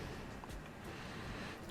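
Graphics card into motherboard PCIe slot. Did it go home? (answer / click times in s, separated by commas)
no / none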